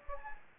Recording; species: mosquito wingbeat signal from an infrared sensor; Anopheles gambiae